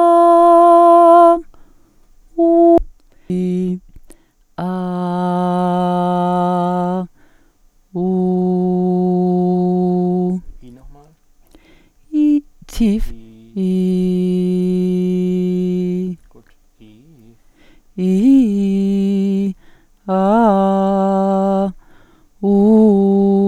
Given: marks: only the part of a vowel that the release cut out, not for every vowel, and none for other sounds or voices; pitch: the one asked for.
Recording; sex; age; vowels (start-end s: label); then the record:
sustained vowels; female; 30 to 39 years
0.33-1.28 s: vowel /a/, high pitch
5.13-6.91 s: vowel /a/, low pitch
8.22-10.17 s: vowel /u/, low pitch
13.83-15.83 s: vowel /i/, low pitch
18.05-19.35 s: vowel /i/, low-high-low pitch
20.21-21.41 s: vowel /a/, low-high-low pitch
22.48-23.29 s: vowel /u/, low-high-low pitch
From the record:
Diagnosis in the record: singing voice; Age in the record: 35 years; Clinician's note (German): Frühere Phonationsverdickung bei hyperfunktioneller Komponente, Zustand nach alter Phonationsknötchenabtragung